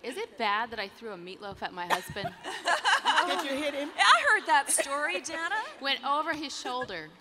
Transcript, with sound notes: Is it bad that I threw a meatloaf at my husband? (laughter)
Did you hit him?
I heard that story, Dannah.
It went over his shoulder.